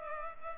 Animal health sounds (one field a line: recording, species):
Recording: mosquito wingbeat signal from an infrared sensor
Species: Culex pipiens